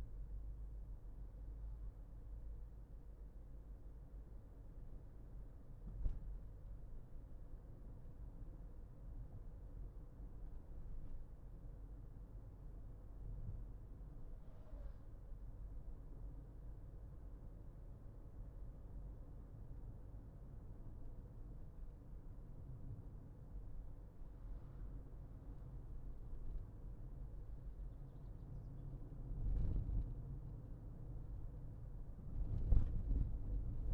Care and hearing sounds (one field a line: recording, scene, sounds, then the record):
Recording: everyday scene through a hearing-aid microphone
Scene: in a vehicle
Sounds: engine, highway driving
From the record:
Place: Berlingo II, diesel engine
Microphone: behind the ear, left, front